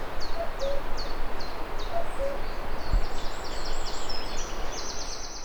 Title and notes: Via Villa Patt, 1, 32036 Sedico BL, Italia - Cuculo alle Rogge. Ambiente naturale delle Antiche Rogge (sentiero storico-naturalistico): uccelli vari, verso del cuculo, torrente Cordevole nello sfondo